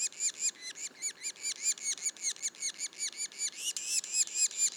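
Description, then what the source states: Yellow-bellied sapsucker juvenile calls: a rapid, steady series of squeaky, harmonic-rich notes, continuing throughout with no other clear sounds. Juveniles; Mont-Orford National Park, Quebec.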